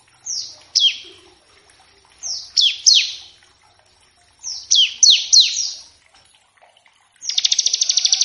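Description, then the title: Bar-winged prinia song: high, sharply falling notes in small clusters separated by short pauses, ending in a fast buzzy trill. Lure and training recording to make birds sing, featuring a lively ciblek singing in a varied 'ngebren' style. "Masteran Ciblek Gacor Vs Kenari Gacor Untuk Masteran Semua Jenis Burung. Ciblek ngebren variasi masteran & pancingan ciblek. Burung Ciblek"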